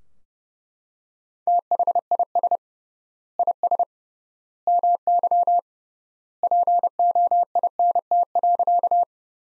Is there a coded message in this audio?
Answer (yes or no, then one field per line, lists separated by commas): yes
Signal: Morse code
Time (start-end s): 1.5-9.0 s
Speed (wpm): 30 wpm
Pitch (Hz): 700 Hz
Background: none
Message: THIS IS MY POINT.